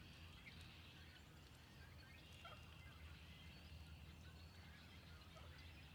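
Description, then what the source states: Spring peepers in a dense chorus, many high peeping notes blurring into a steady shrill band, over a constant low rumble. Recorded 6 April 2021.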